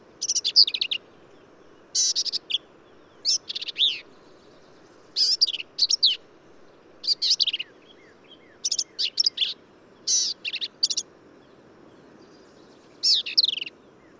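Black-capped vireo singing harsh, high, squeaky phrases, each about half a second long, at short irregular intervals against a soft constant hum.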